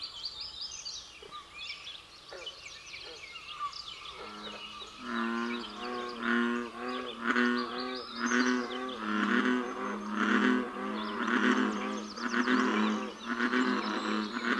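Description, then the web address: American bullfrog giving a steady series of deep, resonant croaks from about four seconds on, roughly one per second, with bird calls in the background early on. "Dan Gibson's Solitudes Nature Trails. Bullfrog"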